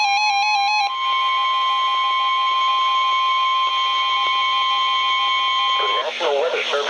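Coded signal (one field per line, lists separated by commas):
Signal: Emergency Alert System (SAME) tones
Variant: 1050 Hz attention tone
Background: speech, music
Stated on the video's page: Recorded off NOAA Weather Radio stations on 162.400, 162.450 and 162.500 MHz.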